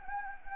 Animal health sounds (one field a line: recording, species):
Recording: mosquito wingbeat signal from an infrared sensor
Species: Anopheles gambiae